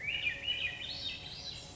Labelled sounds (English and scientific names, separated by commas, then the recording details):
Swainson's Thrush (Catharus ustulatus)
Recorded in Sonoma County, California